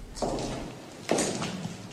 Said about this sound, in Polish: Kroki były coraz bliżej. Pochodziły z eleganckich męskich butów, a może nawet kowbojek